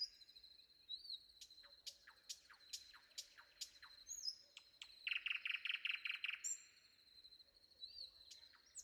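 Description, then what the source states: Common nightingale singing amid other birds: sharp repeated notes, then a rapid burst of loud repeated notes mid-phrase. Sung before dawn.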